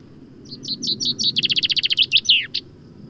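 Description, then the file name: Common chaffinch singing a cheerful phrase, a few separate high notes, then a fast even trill, finished with a downward-swooping flourish and a final sharp note. "Fringilla coelebs"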